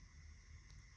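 A watch strap's spring-loaded metal bar is lined up with the lug hole on the second side of a smartwatch case, released and wiggled until it seats. Over a steady low hum with faint tonal bands, one faint, short click is heard at 0.7 s as the bar clicks into the lug hole, and the strap is confirmed seated.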